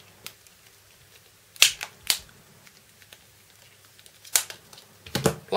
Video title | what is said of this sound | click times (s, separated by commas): Samsung Galaxy Note 2 unboxing video | and then the whole thing Clips together | 1.6 s, 2.1 s, 4.4 s